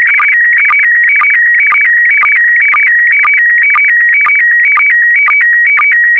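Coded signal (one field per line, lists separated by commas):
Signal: SSTV (slow-scan television)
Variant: PD120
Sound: warbling tones switching between two pitches with regular short low sync chirps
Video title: (01 of 12) ISS Expedition 67 - MAI-75 April 2022 - Retransmission SSTV PD120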